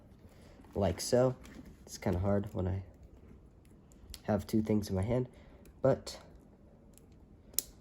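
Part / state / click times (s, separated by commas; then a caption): wire connector joining animatronic head wiring to body wiring / seated / 7.6 s. Two plastic wire connectors joining the head wiring to the body wiring of a 2023 Home Depot Yoda animatronic are pushed together by hand while someone talks. A sharp snap is heard at 7.6 seconds as the connector seats.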